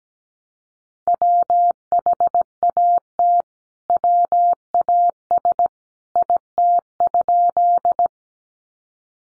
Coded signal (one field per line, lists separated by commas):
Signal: Morse code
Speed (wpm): 17 wpm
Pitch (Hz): 700 Hz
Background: none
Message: WHAT WAS IT?